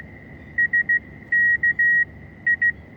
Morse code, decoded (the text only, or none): SK I